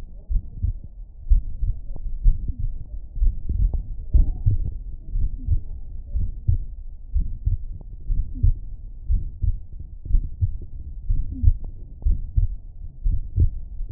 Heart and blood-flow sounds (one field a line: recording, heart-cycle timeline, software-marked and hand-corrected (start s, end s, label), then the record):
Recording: heart sounds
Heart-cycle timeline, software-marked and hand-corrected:
0.00	0.32	diastole
0.32	0.42	S1
0.42	0.62	systole
0.62	0.74	S2
0.74	1.30	diastole
1.30	1.42	S1
1.42	1.64	systole
1.64	1.74	S2
1.74	2.24	diastole
2.24	2.36	S1
2.36	2.60	systole
2.60	2.70	S2
2.70	3.20	diastole
3.20	3.34	S1
3.34	3.58	systole
3.58	3.70	S2
3.70	4.14	diastole
4.14	4.26	S1
4.26	4.48	systole
4.48	4.62	S2
4.62	5.16	diastole
5.16	5.30	S1
5.30	5.50	systole
5.50	5.60	S2
5.60	6.16	diastole
6.16	6.28	S1
6.28	6.48	systole
6.48	6.60	S2
6.60	7.14	diastole
7.14	7.26	S1
7.26	7.46	systole
7.46	7.58	S2
7.58	8.10	diastole
8.10	8.24	S1
8.24	8.44	systole
8.44	8.56	S2
8.56	9.10	diastole
9.10	9.22	S1
9.22	9.44	systole
9.44	9.56	S2
9.56	10.10	diastole
10.10	10.22	S1
10.22	10.42	systole
10.42	10.52	S2
10.52	11.08	diastole
11.08	11.20	S1
11.20	11.42	systole
11.42	11.56	S2
11.56	12.06	diastole
12.06	12.18	S1
12.18	12.38	systole
12.38	12.50	S2
12.50	13.06	diastole
13.06	13.18	S1
13.18	13.38	systole
13.38	13.50	S2
13.50	13.91	diastole
From the record:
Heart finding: mitral regurgitation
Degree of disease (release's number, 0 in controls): 2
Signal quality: good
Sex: female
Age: 82 years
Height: 1.53 m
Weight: 60 kg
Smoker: no